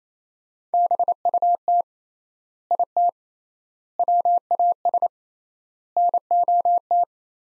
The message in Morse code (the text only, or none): BUT IT WAS NOT